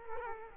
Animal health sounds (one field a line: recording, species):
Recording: mosquito wingbeat signal from an infrared sensor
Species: Culex quinquefasciatus